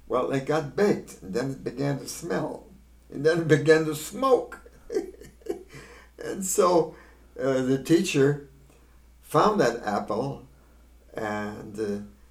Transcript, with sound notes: Well, it got baked, and then it began to smell. And then it began to smoke! ( he laughs ) And so the teacher found that apple and